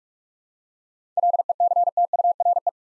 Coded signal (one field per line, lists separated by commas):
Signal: Morse code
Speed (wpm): 42 wpm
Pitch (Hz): 700 Hz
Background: none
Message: LECTURE